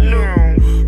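Simulated heartbeat from a pet calming device for anxious cats, meant to mimic the mother cat's stomach: two low, throbbing pulses over a steady low hum.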